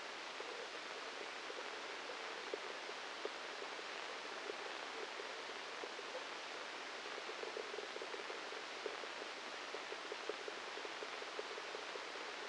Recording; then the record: brain microelectrode recording played as sound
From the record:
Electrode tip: inside the subthalamic nucleus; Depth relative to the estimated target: -1 mm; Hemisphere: left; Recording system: NeuroSet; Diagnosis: Parkinson's disease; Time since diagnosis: 8 years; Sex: male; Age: 37 years